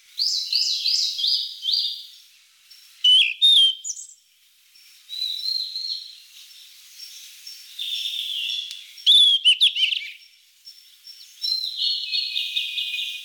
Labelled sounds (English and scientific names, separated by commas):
Yellow-rumped Flycatcher (Ficedula zanthopygia) song